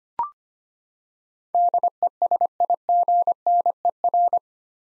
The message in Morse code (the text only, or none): DESIGNER